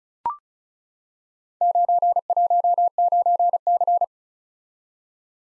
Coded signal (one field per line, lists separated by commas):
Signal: Morse code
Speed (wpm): 36 wpm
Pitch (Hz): 700 Hz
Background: none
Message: 919C